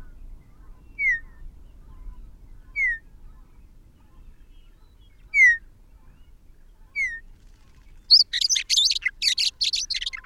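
Bird calls and song: four clear downslurred whistles, well spaced, followed by a burst of rapid buzzy, scratchy notes at the end.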